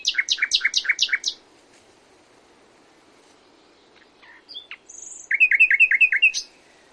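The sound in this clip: Common nightingale song: a fast run of loud repeated chirps, then a pause, scattered clicks and a thin high whistle, ending in a quick rhythmic rattle of notes.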